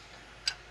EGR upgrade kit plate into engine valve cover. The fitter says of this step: Clicks right in place.